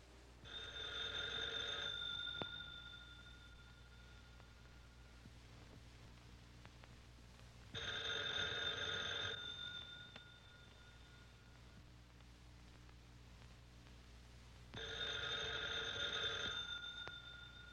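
A telephone rings three times, each buzzy, bright ring lasting about two seconds, with roughly five-second gaps of low background hum between them. No one speaks.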